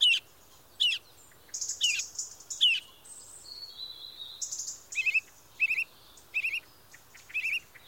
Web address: nido del canto de los pajaros de la region de moscu en un bosque en verano durante el dia